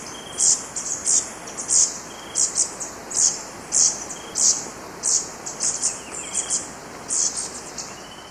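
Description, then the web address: Ashy-throated bush-tanager delivering a steady series of high, hissy sibilant notes, roughly one to two each second, in a quiet background. Recorded in Ecuador. "Birds of Ecuador. Ashy-throated Bush-Tanager"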